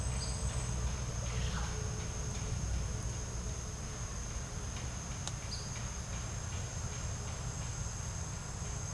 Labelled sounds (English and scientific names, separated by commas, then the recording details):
none
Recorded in secondary vegetation near Puerto Asís, Putumayo, Colombia, on 20 December 2024 at 10:30
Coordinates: 0.484, -76.319
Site GP06